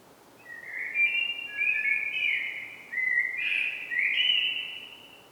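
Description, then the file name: Common blackbird singing a long, rich, fluty warble of whistled notes that shift up and down in pitch, flowing almost without a break. "Turdus merula"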